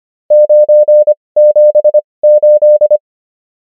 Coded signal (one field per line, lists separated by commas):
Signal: Morse code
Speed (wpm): 25 wpm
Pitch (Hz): 600 Hz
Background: none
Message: 978